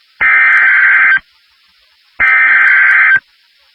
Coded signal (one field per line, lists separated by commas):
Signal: Emergency Alert System (SAME) tones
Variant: header bursts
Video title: Severe Thunderstorm Warning (EAS #594)